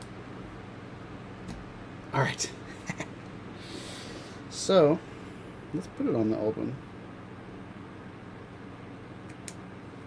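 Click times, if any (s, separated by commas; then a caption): 9.5 s. Someone talks while fitting a new accessory, apparently a plastic mount or cover, onto an older handheld pocket gimbal camera body. A single sharp click at 9.5 s marks the accessory snapping firmly into place on the older camera.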